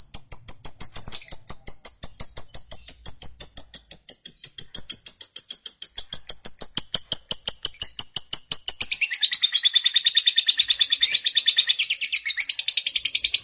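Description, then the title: Lovebird song: a long, fast run of high, sharp chirps, growing fuller and harsher in the last few seconds. Lovebird that is reluctant to sing, prompted into spontaneous energetic singing. "LOVEBIRD Malas Bunyi JADI GREGET SPONTAN Langsung NARIK"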